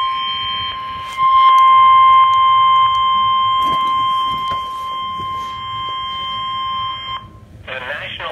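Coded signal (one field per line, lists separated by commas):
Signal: Emergency Alert System (SAME) tones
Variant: 1050 Hz attention tone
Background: speech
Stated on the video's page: Real tornado warning alerts.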